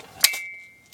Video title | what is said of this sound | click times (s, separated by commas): AK 74un CYMA | and there's a snap in place right up there and if you push that | 0.2 s